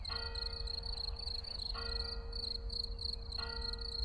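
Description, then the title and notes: Field cricket chirps ringing on steadily while church bells strike three times, over a low background rumble. Early summer in a small village, Ettenkirch near Lake Constance, recorded over 14 years ago with Edirol R1 and OKM I microphones; church bells in background. "Ettenkirch near lake Constance - Early summer scene in a small village. Frühsommerszene in einem kleinen Dorf in der Nähe des Bodensees: Feldgrille, Amseln, Kirchenglocken, Stimmen und einige Autos im Hintergrund"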